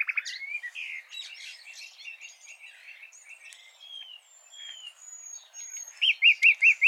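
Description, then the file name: Common nightingale song with soft chattering notes, a few thin drawn-out whistles, then several loud, rapidly repeated notes at the close. "Luscinia megarhynchos"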